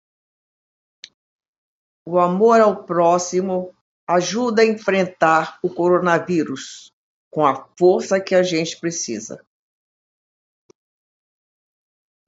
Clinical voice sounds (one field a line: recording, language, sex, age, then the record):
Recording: spoken sentence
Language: Brazilian Portuguese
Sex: female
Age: 70 to 79 years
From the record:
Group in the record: control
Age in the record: 74 years